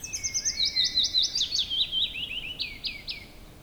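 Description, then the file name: Willow warbler song: a sweet, high phrase of whistled notes that slides steadily downward in pitch over about three seconds, ending with a few slurred notes. "pajulintu"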